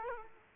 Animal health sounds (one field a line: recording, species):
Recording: mosquito wingbeat signal from an infrared sensor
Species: Aedes aegypti